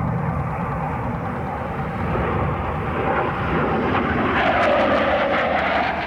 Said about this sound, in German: An der Unterseite des Thunderjägers öffnet sich ein Schacht. Zwei schlanke Raketen lösen sich von dem Jäger. Kurz darauf erwacht ihr Antrieb und wie zwei Pfeile schießen die Lenkflugkörper auf ihre Ziele zu.